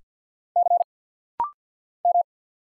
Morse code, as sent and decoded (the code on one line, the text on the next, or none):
-.-. / --
C M